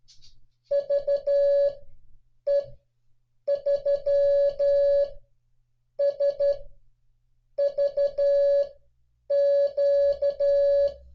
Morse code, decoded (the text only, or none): VE3SVQ